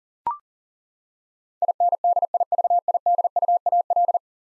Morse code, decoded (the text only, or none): INDIVIDUAL